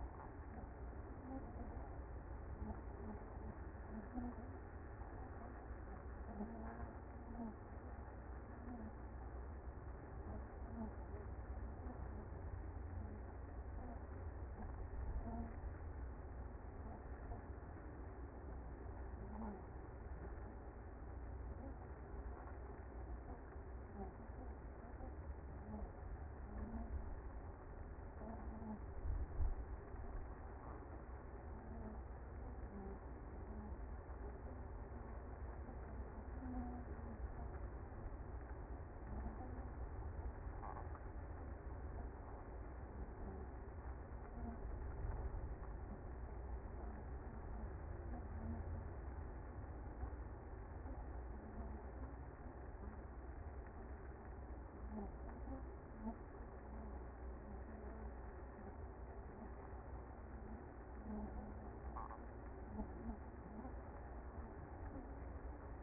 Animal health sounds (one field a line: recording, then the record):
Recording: honeybee colony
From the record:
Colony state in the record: active